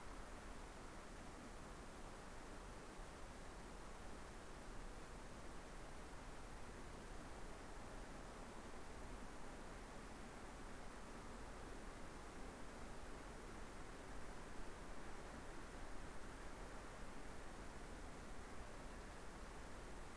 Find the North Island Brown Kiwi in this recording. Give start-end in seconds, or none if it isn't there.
none